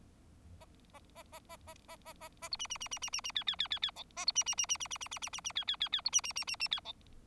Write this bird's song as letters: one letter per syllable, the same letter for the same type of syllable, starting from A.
A A A A A A A A A A B C C C C C C C D D D D D E A B C C C C C C C C C C C D D D D B C C C C C D E